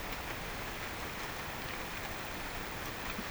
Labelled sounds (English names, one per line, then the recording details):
none
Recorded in pastures near Puerto Asís, Putumayo, Colombia, on 21 March 2025 at 13:00
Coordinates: 0.472, -76.329
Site G074